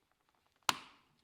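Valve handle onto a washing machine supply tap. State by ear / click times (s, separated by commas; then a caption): seated / 0.7 s. A valve handle is clipped onto a washing machine supply tap, giving one sharp, loud snap at 0.7 s that rings briefly before fading. The handle is seated and the valve is in service.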